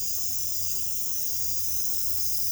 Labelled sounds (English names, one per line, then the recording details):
none
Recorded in pastures near Puerto Asís, Putumayo, Colombia, on 22 December 2024 at 01:00
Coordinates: 0.487, -76.322
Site GP09